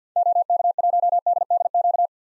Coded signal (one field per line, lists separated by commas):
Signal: Morse code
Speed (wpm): 47 wpm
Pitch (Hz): 700 Hz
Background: none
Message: OK1DDQ